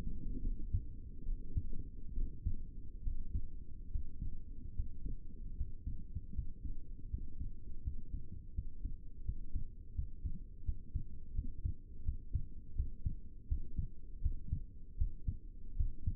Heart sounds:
heart sounds by stethoscope; 78 bpm
0.42 s: heartbeat
1.26 s: heartbeat
2.16 s: heartbeat
3.05 s: heartbeat
3.92 s: heartbeat
4.76 s: heartbeat
5.57 s: heartbeat
6.35 s: heartbeat
7.11 s: heartbeat
7.84 s: heartbeat
8.55 s: heartbeat
9.26 s: heartbeat
9.96 s: heartbeat
10.66 s: heartbeat
11.36 s: heartbeat
12.06 s: heartbeat
12.77 s: heartbeat
13.49 s: heartbeat
14.23 s: heartbeat
14.99 s: heartbeat
15.78 s: heartbeat
From the record:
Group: healthy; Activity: rest 0-3 s, Valsalva maneuver 3-16 s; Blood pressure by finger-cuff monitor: 89/59 mmHg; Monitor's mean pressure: 68 mmHg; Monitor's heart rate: 79 bpm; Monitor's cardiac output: 6.7 L/min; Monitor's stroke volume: 85 mL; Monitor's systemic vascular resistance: 720 dyn s/cm5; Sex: male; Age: 22 years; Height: 181 cm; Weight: 79 kg

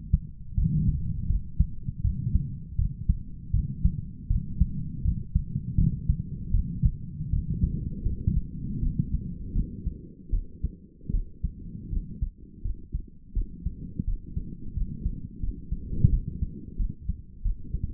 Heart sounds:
heart sounds by stethoscope; 82 bpm
0.54 s: heartbeat
1.27 s: heartbeat
2.01 s: heartbeat
2.76 s: heartbeat
3.51 s: heartbeat
4.27 s: heartbeat
5.02 s: heartbeat
5.75 s: heartbeat
6.51 s: heartbeat
7.30 s: heartbeat
8.03 s: heartbeat
8.80 s: heartbeat
9.52 s: heartbeat
10.30 s: heartbeat
11.11 s: heartbeat
11.90 s: heartbeat
12.62 s: heartbeat
13.33 s: heartbeat
14.04 s: heartbeat
14.74 s: heartbeat
15.40 s: heartbeat
16.09 s: heartbeat
16.76 s: heartbeat
17.42 s: heartbeat
From the record:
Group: healthy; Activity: cold pressor test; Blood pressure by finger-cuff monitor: 141/75 mmHg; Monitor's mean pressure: 97 mmHg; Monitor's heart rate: 80 bpm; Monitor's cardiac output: 7.3 L/min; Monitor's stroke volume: 93 mL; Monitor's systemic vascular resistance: 980 dyn s/cm5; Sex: female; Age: 22 years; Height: 154 cm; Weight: 58.7 kg

